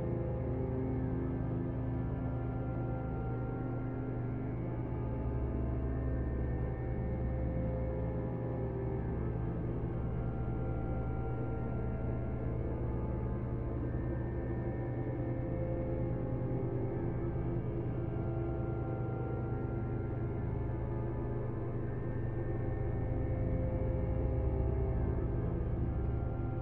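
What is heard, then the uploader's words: An ambient spaceship soundscape: a thick, steady drone holds its level throughout, heaviest in the low end with layered humming tones above. Slow ringing tones swell and fade in a gong-like way, drifting without sharp events, and the upper range stays dark. The Ambient Spaceship Soundscape.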